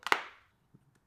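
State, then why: Seated. An Apple MagSafe wallet is brought onto the back of a Bullstrap FRWD case on an iPhone 15 Pro Max and snaps on magnetically, with two sharp clicks in quick succession at 0.1 s and 0.1 s that ring briefly, then two faint soft knocks near 0.7 s and 1.0 s. The wallet is seated and holds firmly in place without sliding.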